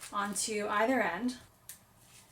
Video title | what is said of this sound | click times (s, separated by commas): I Turned a Romper into My Wedding Dress: My DIY Wedding Dress Journey | and snaps into place | 1.7 s